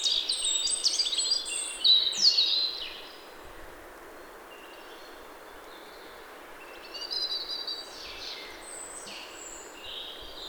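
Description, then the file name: European robin song opening with a loud burst of high, sharp trills and whistles, then near silence before quieter twittering phrases resume. "Erithacus rubecula"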